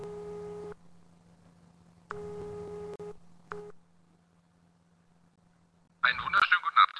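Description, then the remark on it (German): An outgoing Skype call ringing tone sounds in steady electronic bursts, two longer and one short, over a faint constant hum, before a voice starts talking at the end. “Ich werde einfach mal klingeln.”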